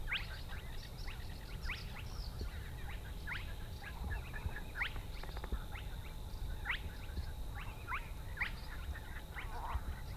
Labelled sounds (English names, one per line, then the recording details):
Spotted Crake
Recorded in the wild
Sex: male
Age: adult
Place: Schwedt/Oder, Nationalpark Unteres Odertal, Brandenburg, DE
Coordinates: 53.1255, 14.3565
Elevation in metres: 1
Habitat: wetland
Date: 2015-04-23 02:18
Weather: clear, 4°C, almost windless
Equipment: Sound Devices 702, Sennheiser MKH 70, Rycote Windschutz
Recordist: Frommolt, Karl-Heinz